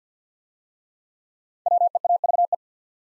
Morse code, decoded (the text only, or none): WEAVE